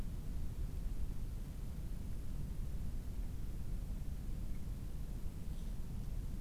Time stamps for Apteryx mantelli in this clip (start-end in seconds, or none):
none